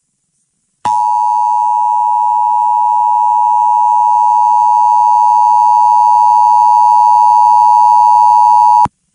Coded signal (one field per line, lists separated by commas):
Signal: Emergency Alert System (SAME) tones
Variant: 853 and 960 Hz attention tone